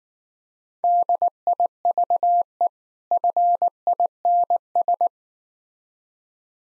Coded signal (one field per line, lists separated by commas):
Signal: Morse code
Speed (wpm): 19 wpm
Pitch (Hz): 700 Hz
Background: none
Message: DIVE FINS